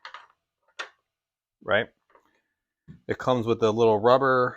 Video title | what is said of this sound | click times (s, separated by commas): DIY EcoXgear Soundbar install on our Club Car Precedent golf cart. | so then this is going to lock into place depending on the angle that you want to have it pointed at | 0.0 s, 0.8 s